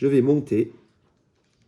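Someone talks for the first 0.7 seconds while fitting a lens into a semi-rimless nylon-thread eyeglass frame, about to run the nylon thread along the lens profile into its grooved edge with the mounting accessory. Only faint, quiet handling ticks follow, near 1.5 and 1.6 seconds. The thread has not yet snapped into the lens groove, and nothing has seated yet.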